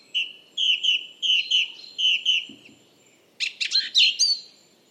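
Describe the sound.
Song thrush song: a short whistled phrase repeated several times, then a burst of rapid, varied, scratchy notes.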